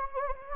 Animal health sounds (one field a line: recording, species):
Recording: mosquito wingbeat signal from an infrared sensor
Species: Anopheles gambiae